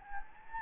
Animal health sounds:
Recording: mosquito wingbeat signal from an infrared sensor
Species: Anopheles gambiae

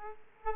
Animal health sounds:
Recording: mosquito wingbeat signal from an infrared sensor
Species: Aedes aegypti

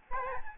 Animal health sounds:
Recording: mosquito wingbeat signal from an infrared sensor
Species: Aedes albopictus

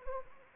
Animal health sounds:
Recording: mosquito wingbeat signal from an infrared sensor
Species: Anopheles arabiensis

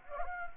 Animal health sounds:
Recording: mosquito wingbeat signal from an infrared sensor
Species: Anopheles gambiae

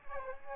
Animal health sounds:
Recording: mosquito wingbeat signal from an infrared sensor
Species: Aedes aegypti

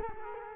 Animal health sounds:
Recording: mosquito wingbeat signal from an infrared sensor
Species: Culex quinquefasciatus

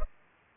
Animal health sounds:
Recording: mosquito wingbeat signal from an infrared sensor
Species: Culex pipiens

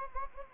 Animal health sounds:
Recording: mosquito wingbeat signal from an infrared sensor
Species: Anopheles gambiae

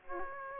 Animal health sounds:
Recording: mosquito wingbeat signal from an infrared sensor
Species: Aedes aegypti

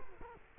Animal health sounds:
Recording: mosquito wingbeat signal from an infrared sensor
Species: Culex quinquefasciatus

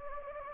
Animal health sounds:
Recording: mosquito wingbeat signal from an infrared sensor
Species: Anopheles gambiae

